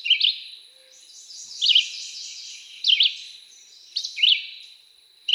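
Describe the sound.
Red-eyed Vireo song of several short slurred whistled phrases, each rising or dipping, separated by short pauses, with a steady high hiss underneath.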